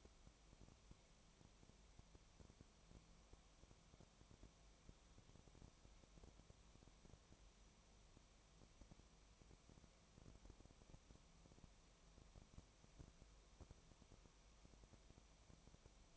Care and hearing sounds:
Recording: daily activity, microphone in the room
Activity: no activity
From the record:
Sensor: 1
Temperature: 19.4 degrees Celsius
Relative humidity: 35.7%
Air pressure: 1003.3 hPa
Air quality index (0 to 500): 113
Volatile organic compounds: 2 ppm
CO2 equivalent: 1260 ppm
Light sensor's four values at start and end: 1/2/1/1 and 1/2/1/1

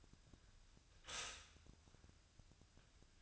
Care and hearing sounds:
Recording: daily activity, microphone in the room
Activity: stop toaster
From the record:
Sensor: 2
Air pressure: 1001.9 hPa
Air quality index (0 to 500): 246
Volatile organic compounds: 38 ppm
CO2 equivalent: 3106 ppm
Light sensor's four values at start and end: 9/30/12/11 and 9/30/12/11

